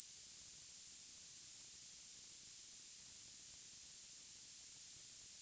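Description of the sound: A steady, very high-pitched whistling tone over faint hiss, a simulation of how tinnitus can sound.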